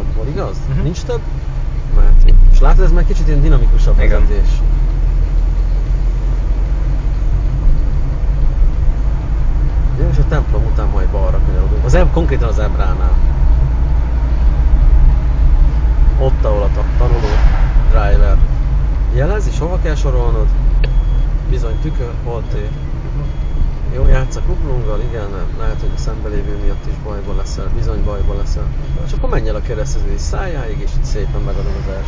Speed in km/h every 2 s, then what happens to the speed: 14, 19, 22, 24, 26, 27, 28, 26, 24, 23, 20, 20, 20, 19, 15, 12.
0-4 speeds up to 22. 4-13 steady at about 26. 13-19 slows to 20. 19-27 steady at about 20. 27-32 slows to 12.